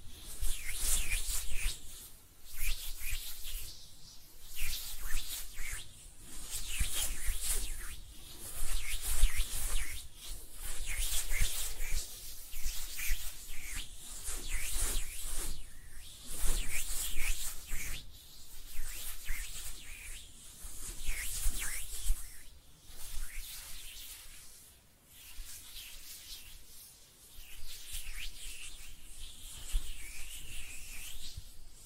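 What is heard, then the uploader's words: Hands rubbing together in repeated swishing strokes, soft bright hiss rising and fading every second or two, with a low steady rumble underneath. ASMR Relaxing Hand Sounds (No Talking).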